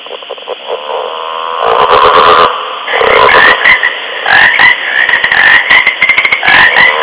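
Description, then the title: Many frogs croaking together, a blurred chorus giving way to rapid nasal, slightly rising croaks repeated several times a second. Frog recorded on ice. "frosch auf eis - radio aporee"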